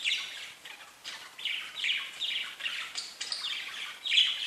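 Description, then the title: Budgerigar warbling chatter, a dense stream of scratchy downslurred chirps and squeaks that runs almost without pause. "Budgie Sounds"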